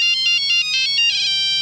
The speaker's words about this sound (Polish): Pamiętają państwo, jak telefon dzwonił o tak?